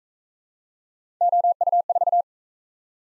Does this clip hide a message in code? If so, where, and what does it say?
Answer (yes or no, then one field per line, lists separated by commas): yes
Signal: Morse code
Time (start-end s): 1.2-2.2 s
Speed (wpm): 41 wpm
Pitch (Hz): 700 Hz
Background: none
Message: OU4